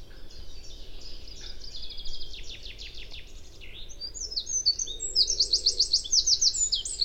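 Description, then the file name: Eurasian wren song: a rapid outpouring of high, sharp notes and rattling trills, one phrase early on and a louder, faster trilled phrase in the second half. "Troglodytes troglodytes"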